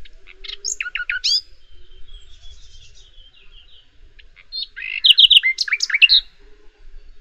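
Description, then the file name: Common nightingale song: two loud bursts of sharp whistled and slurred notes, separated by a quieter, thin passage. "Luscinia megarhynchos"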